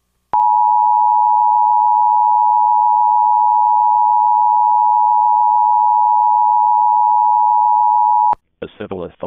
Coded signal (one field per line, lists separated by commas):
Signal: Emergency Alert System (SAME) tones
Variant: 853 and 960 Hz attention tone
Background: speech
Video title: EAS Reenactment Mock: Texas Blue Alert - (12/11/2019)